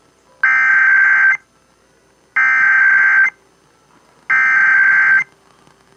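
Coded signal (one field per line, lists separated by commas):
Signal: Emergency Alert System (SAME) tones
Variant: header bursts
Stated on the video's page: Required monthly tests received from Pennsylvania FM radio stations, an FM translator, and a TV subchannel, including an EASyCAST and SAGE relay.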